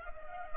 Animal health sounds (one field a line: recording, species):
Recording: mosquito wingbeat signal from an infrared sensor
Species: Culex pipiens